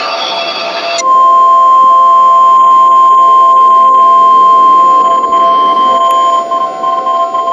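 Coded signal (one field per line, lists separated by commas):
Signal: Emergency Alert System (SAME) tones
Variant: 1050 Hz attention tone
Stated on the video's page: Fictional EAS scenario with sirens.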